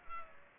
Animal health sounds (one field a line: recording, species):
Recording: mosquito wingbeat signal from an infrared sensor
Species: Culex pipiens